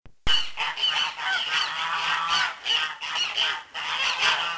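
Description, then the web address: Goose: geese giving a loud, continuous clamour of harsh, overlapping nasal honks, rising and falling in waves throughout. Geese during food distribution. "oies distribution nourriture"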